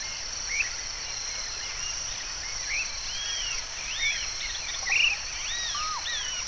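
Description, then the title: Bird song made of varied whistled notes, arching and slurred, some rising and some falling, scattered throughout against a constant shrill insect drone. "LuckyPassaro Completos2Sama"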